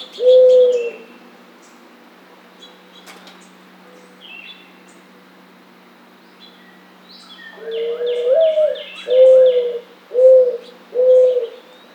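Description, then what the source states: Mourning dove cooing: one low coo, a long pause, then a rising phrase and three evenly spaced hoo notes, with other birds chirping high behind. Recorded on 18 July 2009.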